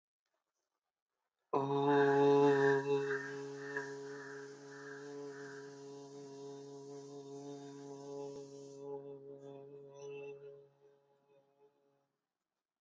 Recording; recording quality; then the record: sustained vowel as in boot; moderate, slight background noise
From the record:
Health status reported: exposed to COVID-19, no respiratory illness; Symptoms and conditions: none ticked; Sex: male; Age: 30 years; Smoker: yes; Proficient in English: yes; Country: India